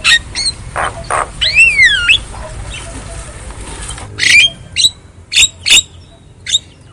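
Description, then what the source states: Javan myna song: a zigzagging whistled note rising and falling, after harsh calls, then a pause and several sharp separate chips. Javan myna song (kicau); a lure (pancingan) recording meant to get silent (bisu) mynas singing.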